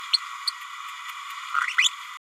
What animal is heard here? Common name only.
Green-rumped Parrotlet